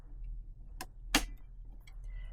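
Sewing thread is pushed down by hand into the spring-loaded thread guide 2 of a BabyLock Sashiko sewing machine, set up for winding a bobbin, as a repeat demonstration. A soft tick at 0.8 s is followed by the sharp, loudest click at 1.2 s, then a faint tick near 1.9 s over a low steady hum. The thread is seated in the guide.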